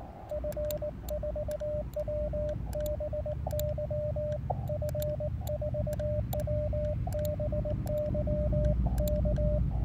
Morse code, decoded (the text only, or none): F4WBY F4WBY K